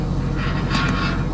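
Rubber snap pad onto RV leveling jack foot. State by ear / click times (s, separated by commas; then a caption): not seated / none. An RV leveling jack extends down onto a rubber snap pad, lined up under it with soapy water, that should snap onto the jack foot. A steady low mechanical hum and drone runs throughout, with a brighter rise in noise around 0.7–0.9 s. Nothing has seated or snapped into place yet.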